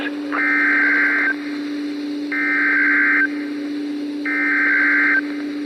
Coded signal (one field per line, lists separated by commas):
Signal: Emergency Alert System (SAME) tones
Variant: header bursts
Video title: *RARE* (Full EAS) Tornado Warning for Santa Cruz 12:19PM PST.